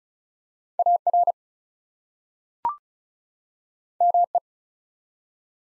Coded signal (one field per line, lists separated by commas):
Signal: Morse code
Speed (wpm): 36 wpm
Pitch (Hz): 700 Hz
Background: none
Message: AR ME